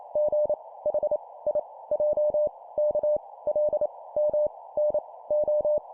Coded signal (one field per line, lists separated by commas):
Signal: Morse code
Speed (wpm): 28 wpm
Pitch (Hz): 600 Hz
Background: none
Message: G H I J K L M N O